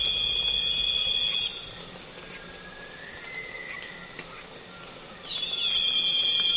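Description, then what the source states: Cicada call: a loud ringing drone stops, several seconds of quieter insect hiss with a faint buzzing flyby follow, then the drone swoops back in strongly. Loud cicadas calling on a calm afternoon in Congo basin rainforest, with other insects flying and buzzing close to the microphones.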